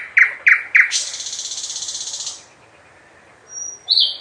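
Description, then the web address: Nightingale song with three sharp repeated notes leading into a fast harsh buzzing trill, then a brief pause and thin high whistles. "Physics is fun. slowik"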